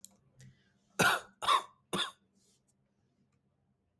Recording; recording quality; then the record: shallow voluntary cough; excellent, no background noise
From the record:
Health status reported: exposed to COVID-19, no respiratory illness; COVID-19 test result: negative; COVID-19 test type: RT-PCR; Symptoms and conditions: cough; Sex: male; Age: 26 years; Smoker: yes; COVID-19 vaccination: both doses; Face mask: not worn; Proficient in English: yes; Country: India